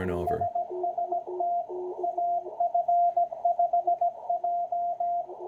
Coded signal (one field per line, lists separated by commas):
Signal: Morse code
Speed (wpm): 17 wpm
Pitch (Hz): 700 Hz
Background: speech, radio noise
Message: SST AF5J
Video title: The SST! Slow Speed Morse Code at 20 wpm???